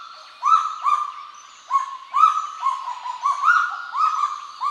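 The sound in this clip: Kagu calling with loud, sustained tonal notes around one pitch, each starting abruptly, given in overlapping series with slight pitch steps.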